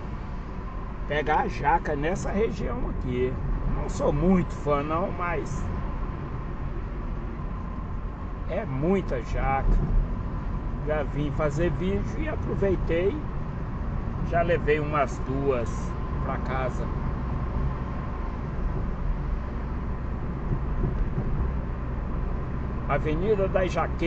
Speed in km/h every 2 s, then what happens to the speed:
40, 42, 41, 37, 37, 40, 43, 47, 48, 47, 49, 51.
0-8 steady at about 40. 8-15 speeds up to 48. 15-24 steady at about 48.